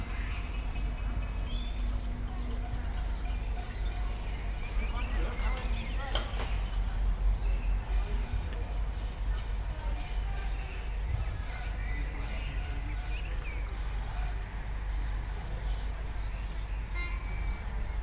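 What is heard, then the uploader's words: Neighbours clap for carers outdoors, a dense, steady patter of applause spread across the street. Voices and the odd shout or whistle rise through it, loudest around six seconds, over a constant low rumble of traffic. Lockdown Sounds: Clap for Carers. Neath, May 2020. Recorded using the Sennheiser AMBEO Smart Headset.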